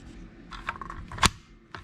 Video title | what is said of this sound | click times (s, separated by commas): New Zastava PAP M90-PS 5.56 NATO Modernized AK Rifle (Range Review, Features, & Mag Compatability) | nice satisfying click | 1.8 s